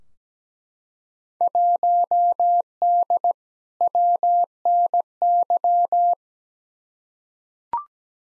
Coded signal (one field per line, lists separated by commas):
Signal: Morse code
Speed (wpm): 17 wpm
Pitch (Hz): 700 Hz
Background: none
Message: 1D WNY